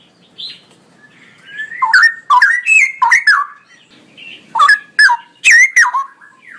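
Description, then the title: Straw-headed bulbul song: loud, fluty warbled phrases with sharp downslurred notes, delivered in two energetic bursts separated by a short pause. Male, singing loudly and persistently with long, drawn-out phrases. "Cucak ROWO Jantan GACOR Suara Lantang ROoo EL Panjang"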